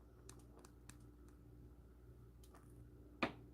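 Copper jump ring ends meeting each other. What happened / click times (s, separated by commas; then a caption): The jump ring ends clicked together / 3.2 s. The cut ends of a copper jump ring are worked back and forth against each other, with faint light ticks near 0.3, 0.7, 0.9 and 2.5 seconds. At 3.2 seconds there is a louder, sharp click as the ends meet flush and the ring closes, confirmed as seated.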